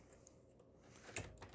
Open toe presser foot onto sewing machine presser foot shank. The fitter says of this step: With my machine, I just push it down there and it clicks into place.